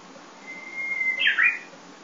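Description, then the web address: Japanese bush warbler singing one drawn-out plain whistle, then a sudden higher, twisting two-part flourish, over a faint steady background hiss. Recorded 12 May 2016. "kiracladays. uguisu 160512"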